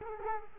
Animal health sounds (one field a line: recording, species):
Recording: mosquito wingbeat signal from an infrared sensor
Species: Culex quinquefasciatus